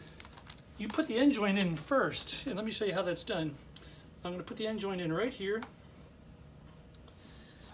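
An engineered wood floor plank's end joint is set into the neighbouring board and brought close to, but not fully against, the long joint. Someone talks over faint, soft handling taps near the start and end of the clip. Nothing has clicked or locked yet; the plank has not been pulled in.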